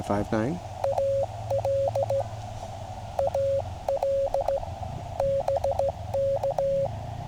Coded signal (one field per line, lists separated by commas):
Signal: Morse code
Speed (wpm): 16 wpm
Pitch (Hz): 550 Hz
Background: speech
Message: E AL AL BK